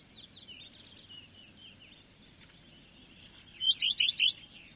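Common redstart song: four loud, quick, twisting high notes near the end, after several seconds of faint birdsong.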